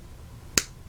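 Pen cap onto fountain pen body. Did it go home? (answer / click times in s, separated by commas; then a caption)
yes / 0.6 s. The plastic cap of an inexpensive, China-made Wing Sung 233 fountain pen is pushed onto the pen body against a quiet background. It snaps into place with a single sharp, bright click at 0.6 s, confirming the cap is seated.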